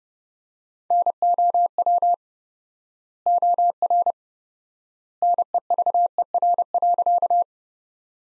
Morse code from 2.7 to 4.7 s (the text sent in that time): OR